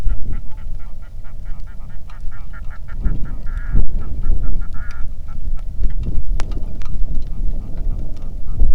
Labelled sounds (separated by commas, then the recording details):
waterfowl, wind, rain
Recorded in the Arctic National Wildlife Refuge, Alaska, on 3 August 2019 at 09:25
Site 46